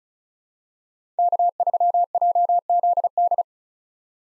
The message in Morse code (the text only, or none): K3JZD